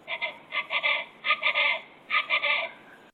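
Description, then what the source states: Chachalaca calls: harsh, raucous bursts of notes in four rhythmic clusters, steady background hiss. Introduced birds on Sapelo Island, Georgia, which took to the island's oak trees; more often heard than seen; call described as beautiful.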